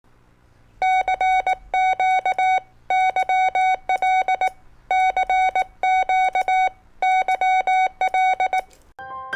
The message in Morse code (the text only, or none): CQ YL CQ YL